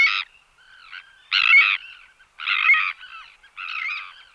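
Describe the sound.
Sandwich tern giving loud, harsh, grating calls, four in a row about once a second, with fainter rasping notes between them.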